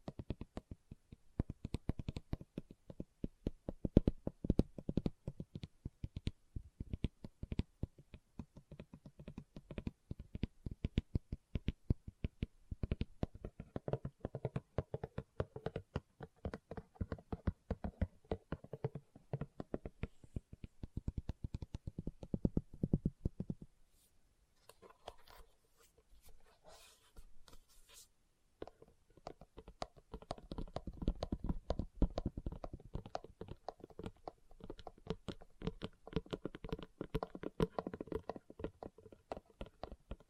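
Fingers tap and scratch on leather in dense, rapid bursts of soft, low thuds mixed with rustling scrapes. The patter runs almost continuously, thinning out and going nearly quiet around 24 to 29 seconds with a few sharper scratches, then resumes just as busy.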